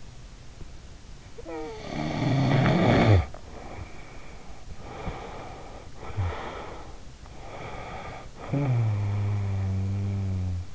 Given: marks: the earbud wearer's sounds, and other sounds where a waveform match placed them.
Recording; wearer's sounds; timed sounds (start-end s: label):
sounds in sleep by an in-ear microphone; snoring breath
1.47-4.75 s: snoring breath
4.92-7.18 s: snoring breath
7.28-10.75 s: snoring breath